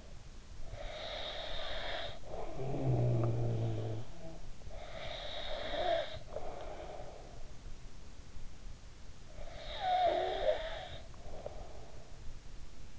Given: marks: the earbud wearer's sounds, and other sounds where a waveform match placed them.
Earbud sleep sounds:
sounds in sleep by an in-ear microphone; snoring breath
0.36-7.86 s: snoring breath
9.21-12.27 s: snoring breath

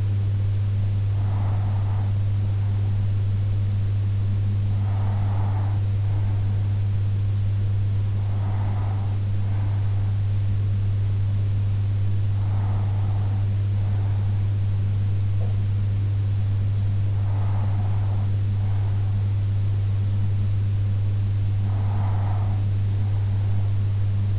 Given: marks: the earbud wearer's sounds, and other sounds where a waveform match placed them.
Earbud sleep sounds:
sounds in sleep by an in-ear microphone; breath
0.74-2.74 s: breath
4.74-6.74 s: breath
7.74-9.74 s: breath
12.74-14.74 s: breath
17.74-19.74 s: breath
21.74-23.74 s: breath

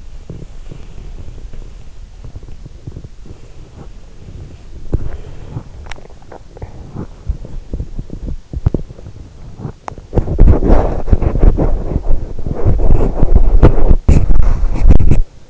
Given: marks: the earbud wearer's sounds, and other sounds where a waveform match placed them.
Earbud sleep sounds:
sounds in sleep by an in-ear microphone; body movement, breath
0.00-15.50 s: body movement
0.36-1.47 s: breath
5.08-5.70 s: breath

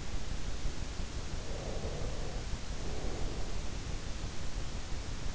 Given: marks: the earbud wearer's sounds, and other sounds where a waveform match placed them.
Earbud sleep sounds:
sounds in sleep by an in-ear microphone; breath
1.25-3.71 s: breath

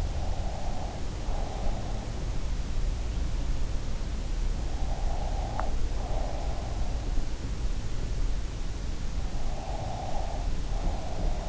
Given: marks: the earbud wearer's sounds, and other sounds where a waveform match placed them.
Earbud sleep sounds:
sounds in sleep by an in-ear microphone; breath
0.00-2.07 s: breath
4.84-6.98 s: breath
9.47-11.49 s: breath

